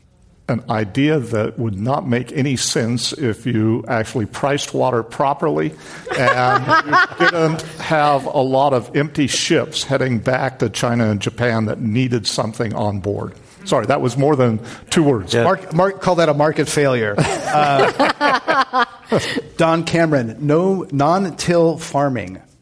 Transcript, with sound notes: An idea that would not make any sense if you actually priced water properly and didn’t have a lot of empty ships heading back to China and Japan that needed something on board. Sorry that was more than two words.
Call that a market failure.
[Laughter]
Don Cameron, non-till farming.